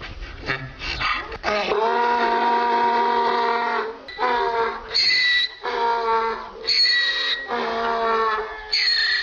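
Donkey braying, long harmonic honks alternating with higher wheezy in-breaths, several cycles repeated over about nine seconds.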